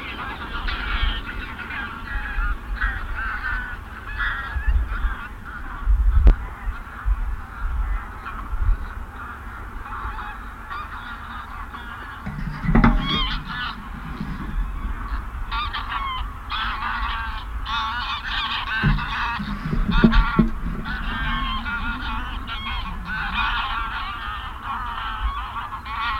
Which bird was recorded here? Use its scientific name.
Anser anser